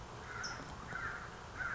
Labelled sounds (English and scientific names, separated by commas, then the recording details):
California Towhee (Melozone crissalis)
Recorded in Sonoma County, California